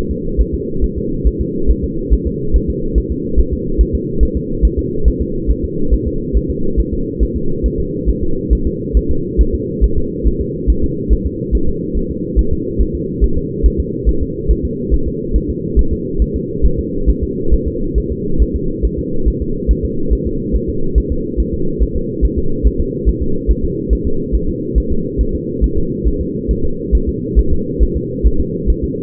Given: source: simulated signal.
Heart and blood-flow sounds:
fetal heart sounds
0.11 s: S2
0.41 s: S1
0.55 s: S2
0.84 s: S1
0.98 s: S2
1.27 s: S1
1.41 s: S2
1.71 s: S1
1.84 s: S2
2.13 s: S1
2.27 s: S2
2.56 s: S1
2.70 s: S2
2.98 s: S1
3.12 s: S2
3.39 s: S1
3.53 s: S2
3.81 s: S1
3.95 s: S2
4.23 s: S1
4.37 s: S2
4.65 s: S1
4.79 s: S2
5.08 s: S1
5.21 s: S2
5.51 s: S1
5.64 s: S2
5.94 s: S1
6.07 s: S2
6.37 s: S1
6.50 s: S2
6.80 s: S1
6.93 s: S2
7.23 s: S1
7.36 s: S2
7.66 s: S1
7.80 s: S2
8.09 s: S1
8.23 s: S2
8.53 s: S1
8.67 s: S2
8.97 s: S1
9.11 s: S2
9.41 s: S1
9.55 s: S2
9.84 s: S1
9.98 s: S2
10.27 s: S1
10.41 s: S2
10.70 s: S1
10.84 s: S2
11.13 s: S1
11.27 s: S2
11.55 s: S1
11.69 s: S2
11.97 s: S1
12.11 s: S2
12.39 s: S1
12.53 s: S2
12.81 s: S1
12.95 s: S2
13.24 s: S1
13.37 s: S2
13.66 s: S1
13.80 s: S2
14.09 s: S1
14.23 s: S2
14.51 s: S1
14.65 s: S2
14.94 s: S1
15.08 s: S2
15.36 s: S1
15.50 s: S2
15.79 s: S1
15.93 s: S2
16.22 s: S1
16.36 s: S2
16.66 s: S1
16.79 s: S2
17.09 s: S1
17.23 s: S2
17.54 s: S1
17.67 s: S2
17.98 s: S1
18.12 s: S2
18.42 s: S1
18.56 s: S2
18.85 s: S1
18.99 s: S2
19.28 s: S1
19.42 s: S2
19.71 s: S1
19.85 s: S2
20.13 s: S1
20.27 s: S2
20.56 s: S1
20.69 s: S2
20.98 s: S1
21.12 s: S2
21.40 s: S1
21.54 s: S2
21.83 s: S1
21.96 s: S2
22.25 s: S1
22.39 s: S2
22.67 s: S1
22.80 s: S2
23.09 s: S1
23.22 s: S2
23.51 s: S1
23.64 s: S2
23.93 s: S1
24.07 s: S2
24.35 s: S1
24.49 s: S2
24.78 s: S1
24.92 s: S2
25.21 s: S1
25.35 s: S2
25.64 s: S1
25.78 s: S2
26.08 s: S1
26.21 s: S2
26.51 s: S1
26.65 s: S2
26.95 s: S1
27.09 s: S2
27.39 s: S1
27.52 s: S2
27.83 s: S1
27.96 s: S2
28.27 s: S1
28.40 s: S2
28.70 s: S1
28.84 s: S2
From the record:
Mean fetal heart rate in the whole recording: 140 bpm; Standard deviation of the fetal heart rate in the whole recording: 2 bpm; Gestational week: 34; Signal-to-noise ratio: -8.1 dB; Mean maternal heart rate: 72 bpm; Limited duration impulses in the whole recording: absent

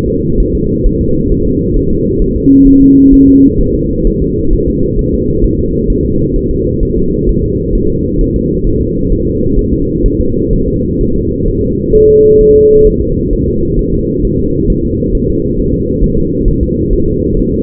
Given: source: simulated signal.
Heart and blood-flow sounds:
fetal heart sounds
0.08 s: S2
0.40 s: S1
0.55 s: S2
0.86 s: S1
1.01 s: S2
1.32 s: S1
1.46 s: S2
1.77 s: S1
1.91 s: S2
2.22 s: S1
2.36 s: S2
2.67 s: S1
2.82 s: S2
3.14 s: S1
3.29 s: S2
3.61 s: S1
3.75 s: S2
4.07 s: S1
4.22 s: S2
4.53 s: S1
4.68 s: S2
4.99 s: S1
5.14 s: S2
5.44 s: S1
5.59 s: S2
5.90 s: S1
6.05 s: S2
6.36 s: S1
6.51 s: S2
6.83 s: S1
6.97 s: S2
7.29 s: S1
7.44 s: S2
7.75 s: S1
7.90 s: S2
8.21 s: S1
8.36 s: S2
8.67 s: S1
8.81 s: S2
9.12 s: S1
9.27 s: S2
9.59 s: S1
9.73 s: S2
10.06 s: S1
10.21 s: S2
10.53 s: S1
10.68 s: S2
11.01 s: S1
11.16 s: S2
11.48 s: S1
11.63 s: S2
11.95 s: S1
12.10 s: S2
12.41 s: S1
12.56 s: S2
12.87 s: S1
13.02 s: S2
13.33 s: S1
13.48 s: S2
13.79 s: S1
13.94 s: S2
14.25 s: S1
14.40 s: S2
14.70 s: S1
14.85 s: S2
15.15 s: S1
15.30 s: S2
15.60 s: S1
15.74 s: S2
16.04 s: S1
16.18 s: S2
16.48 s: S1
16.63 s: S2
16.93 s: S1
17.08 s: S2
17.39 s: S1
17.54 s: S2
From the record:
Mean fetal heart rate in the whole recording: 130 bpm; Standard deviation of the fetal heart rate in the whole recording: 4 bpm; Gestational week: 38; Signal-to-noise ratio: -15.3 dB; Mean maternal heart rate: 72 bpm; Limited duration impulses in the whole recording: present

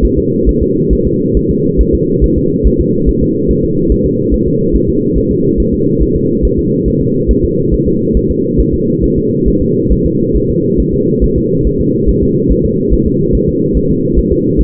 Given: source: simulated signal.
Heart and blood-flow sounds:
fetal heart sounds
0.05 s: S1
0.19 s: S2
0.49 s: S1
0.63 s: S2
0.93 s: S1
1.07 s: S2
1.37 s: S1
1.51 s: S2
1.81 s: S1
1.94 s: S2
2.24 s: S1
2.38 s: S2
2.67 s: S1
2.81 s: S2
3.09 s: S1
3.23 s: S2
3.51 s: S1
3.64 s: S2
3.92 s: S1
4.06 s: S2
4.34 s: S1
4.48 s: S2
4.75 s: S1
4.89 s: S2
5.18 s: S1
5.31 s: S2
5.60 s: S1
5.74 s: S2
6.03 s: S1
6.16 s: S2
6.45 s: S1
6.59 s: S2
6.88 s: S1
7.02 s: S2
7.31 s: S1
7.45 s: S2
7.74 s: S1
7.88 s: S2
8.17 s: S1
8.31 s: S2
8.60 s: S1
8.74 s: S2
9.04 s: S1
9.18 s: S2
9.48 s: S1
9.62 s: S2
9.92 s: S1
10.06 s: S2
10.37 s: S1
10.50 s: S2
10.80 s: S1
10.94 s: S2
11.24 s: S1
11.38 s: S2
11.67 s: S1
11.81 s: S2
12.09 s: S1
12.23 s: S2
12.52 s: S1
12.66 s: S2
12.93 s: S1
13.07 s: S2
13.35 s: S1
13.49 s: S2
13.77 s: S1
13.91 s: S2
14.19 s: S1
14.33 s: S2
14.61 s: S1
From the record:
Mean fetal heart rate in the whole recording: 140 bpm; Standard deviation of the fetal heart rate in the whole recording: 2 bpm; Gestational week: 34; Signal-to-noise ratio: -11.2 dB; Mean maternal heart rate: 72 bpm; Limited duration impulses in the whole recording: present

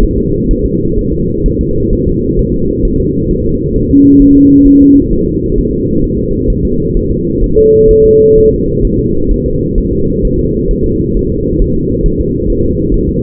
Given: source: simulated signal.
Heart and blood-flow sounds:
fetal heart sounds
0.03 s: S1
0.18 s: S2
0.51 s: S1
0.66 s: S2
0.99 s: S1
1.13 s: S2
1.46 s: S1
1.61 s: S2
1.93 s: S1
2.08 s: S2
2.39 s: S1
2.54 s: S2
2.85 s: S1
3.00 s: S2
3.31 s: S1
3.46 s: S2
3.77 s: S1
3.91 s: S2
4.22 s: S1
4.37 s: S2
4.67 s: S1
4.82 s: S2
5.13 s: S1
5.28 s: S2
5.58 s: S1
5.73 s: S2
6.04 s: S1
6.19 s: S2
6.50 s: S1
6.65 s: S2
6.97 s: S1
7.12 s: S2
7.44 s: S1
7.58 s: S2
7.91 s: S1
8.05 s: S2
8.38 s: S1
8.53 s: S2
8.85 s: S1
8.99 s: S2
9.31 s: S1
9.46 s: S2
9.78 s: S1
9.93 s: S2
10.25 s: S1
10.39 s: S2
10.71 s: S1
10.86 s: S2
11.17 s: S1
11.31 s: S2
11.62 s: S1
11.76 s: S2
12.06 s: S1
12.21 s: S2
12.50 s: S1
12.65 s: S2
12.94 s: S1
13.09 s: S2
From the record:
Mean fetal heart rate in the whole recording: 130 bpm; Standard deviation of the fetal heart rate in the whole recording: 4 bpm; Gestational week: 38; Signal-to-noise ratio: -15.3 dB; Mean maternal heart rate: 72 bpm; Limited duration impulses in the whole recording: present

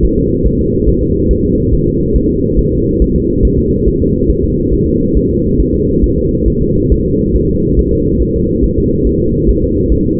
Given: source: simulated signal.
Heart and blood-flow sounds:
fetal heart sounds
0.05 s: S1
0.19 s: S2
0.47 s: S1
0.61 s: S2
0.89 s: S1
1.03 s: S2
1.31 s: S1
1.45 s: S2
1.73 s: S1
1.88 s: S2
2.16 s: S1
2.30 s: S2
2.59 s: S1
2.73 s: S2
3.02 s: S1
3.16 s: S2
3.45 s: S1
3.59 s: S2
3.88 s: S1
4.02 s: S2
4.30 s: S1
4.45 s: S2
4.73 s: S1
4.88 s: S2
5.17 s: S1
5.31 s: S2
5.60 s: S1
5.74 s: S2
6.04 s: S1
6.18 s: S2
6.48 s: S1
6.62 s: S2
6.92 s: S1
7.06 s: S2
7.36 s: S1
7.50 s: S2
7.79 s: S1
7.93 s: S2
8.22 s: S1
8.36 s: S2
8.64 s: S1
8.78 s: S2
9.07 s: S1
9.21 s: S2
9.49 s: S1
9.63 s: S2
9.92 s: S1
10.06 s: S2
From the record:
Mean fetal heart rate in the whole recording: 140 bpm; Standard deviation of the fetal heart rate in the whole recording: 2 bpm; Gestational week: 34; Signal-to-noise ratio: -14.7 dB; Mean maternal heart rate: 72 bpm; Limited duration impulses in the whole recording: present

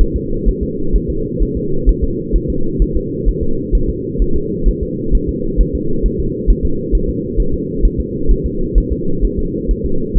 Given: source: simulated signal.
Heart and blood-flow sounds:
fetal heart sounds
0.01 s: S1
0.16 s: S2
0.48 s: S1
0.63 s: S2
0.95 s: S1
1.10 s: S2
1.42 s: S1
1.57 s: S2
1.89 s: S1
2.04 s: S2
2.36 s: S1
2.50 s: S2
2.82 s: S1
2.97 s: S2
3.28 s: S1
3.43 s: S2
3.75 s: S1
3.90 s: S2
4.22 s: S1
4.36 s: S2
4.68 s: S1
4.83 s: S2
5.15 s: S1
5.29 s: S2
5.61 s: S1
5.75 s: S2
6.06 s: S1
6.20 s: S2
6.50 s: S1
6.65 s: S2
6.95 s: S1
7.09 s: S2
7.40 s: S1
7.54 s: S2
7.85 s: S1
8.00 s: S2
8.31 s: S1
8.46 s: S2
8.78 s: S1
8.92 s: S2
9.25 s: S1
9.39 s: S2
9.71 s: S1
9.86 s: S2
10.17 s: S1
From the record:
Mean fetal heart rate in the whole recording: 130 bpm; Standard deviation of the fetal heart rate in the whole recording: 2 bpm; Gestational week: 36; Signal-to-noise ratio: -8.1 dB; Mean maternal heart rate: 72 bpm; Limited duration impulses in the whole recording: absent

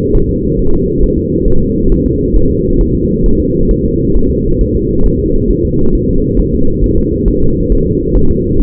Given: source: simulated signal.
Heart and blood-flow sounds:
fetal heart sounds
0.15 s: S1
0.29 s: S2
0.59 s: S1
0.73 s: S2
1.04 s: S1
1.18 s: S2
1.48 s: S1
1.62 s: S2
1.92 s: S1
2.06 s: S2
2.36 s: S1
2.51 s: S2
2.81 s: S1
2.95 s: S2
3.26 s: S1
3.40 s: S2
3.71 s: S1
3.85 s: S2
4.16 s: S1
4.30 s: S2
4.61 s: S1
4.75 s: S2
5.06 s: S1
5.20 s: S2
5.51 s: S1
5.65 s: S2
5.95 s: S1
6.09 s: S2
6.40 s: S1
6.54 s: S2
6.84 s: S1
6.98 s: S2
7.28 s: S1
7.42 s: S2
7.72 s: S1
7.87 s: S2
8.17 s: S1
8.31 s: S2
8.61 s: S1
From the record:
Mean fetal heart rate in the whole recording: 135 bpm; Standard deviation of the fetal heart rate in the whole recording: 3 bpm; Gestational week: 36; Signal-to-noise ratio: -17.7 dB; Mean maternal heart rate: 72 bpm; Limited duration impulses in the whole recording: present

